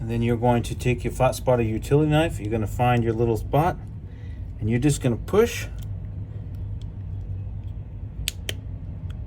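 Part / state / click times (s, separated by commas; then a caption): metal c-clip on an air rifle fill assembly / released / 8.3 s, 8.5 s. Someone talks, then a flat utility knife is pushed into a spot on the small metal c-clip holding the fill assembly of an Edgun Leshiy 2 air rifle. Two sharp little clicks ring out at 8.3 s and 8.5 s as the c-clip pops loose and is released.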